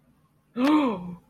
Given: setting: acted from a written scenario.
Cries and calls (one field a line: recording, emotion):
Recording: vocal sound without words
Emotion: fear